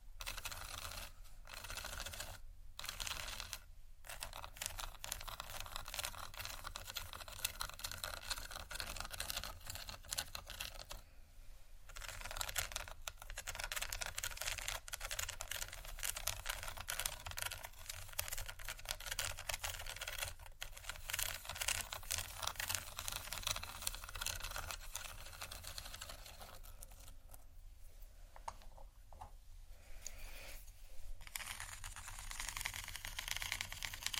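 Dense, rapid plastic and glass rattling with quick tapping and scratching runs almost without pause. Short gaps break it near the start, around 11 and 20 seconds, and again near 27 to 30 seconds. A steady low rumble sits underneath throughout.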